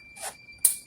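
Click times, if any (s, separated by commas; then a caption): 0.6 s. The second plastic hinge tab of a stackable shoe rack's shoe box door is pushed into its opening and snaps home with one sharp click at 0.6 s, confirming it is seated. Just before it, a softer, broad rustle of handling rises and fades around 0.2–0.3 s, and a faint steady high tone runs underneath throughout.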